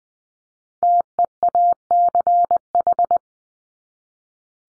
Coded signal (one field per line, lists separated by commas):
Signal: Morse code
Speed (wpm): 20 wpm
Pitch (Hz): 700 Hz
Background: none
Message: TEACH